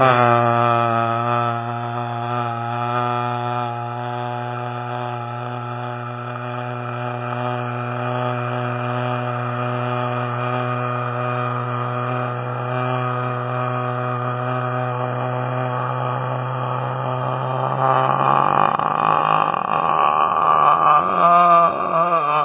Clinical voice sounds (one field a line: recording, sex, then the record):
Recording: sustained vowel /a/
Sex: male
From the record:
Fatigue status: no fatigue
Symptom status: symptomatic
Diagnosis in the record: COVID-19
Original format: 3gp